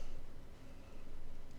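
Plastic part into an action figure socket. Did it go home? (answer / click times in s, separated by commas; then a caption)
no / none. A plastic part of an action figure is worked into its socket, being lined up so it will pop in as intended. Only low, steady handling noise is heard, dipping slightly in level around 0.5–0.9 s. Nothing has popped or clicked into place yet.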